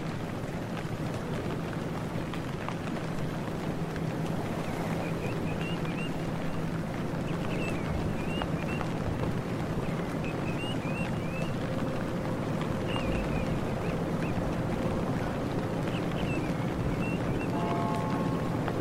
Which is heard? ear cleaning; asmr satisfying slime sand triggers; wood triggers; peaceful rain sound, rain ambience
peaceful rain sound, rain ambience